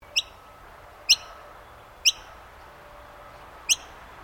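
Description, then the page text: Noisy miner giving four sharp, high, clipped notes, each a quick bright chip, spaced about a second or more apart, over a quiet background hum. Call, in Queensland. "Bird Noisy Miner Call. Birds in Queensland"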